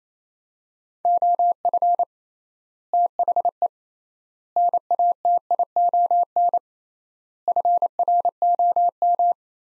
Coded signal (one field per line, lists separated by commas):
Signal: Morse code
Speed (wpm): 28 wpm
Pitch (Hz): 700 Hz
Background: none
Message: OF THE NATION FROM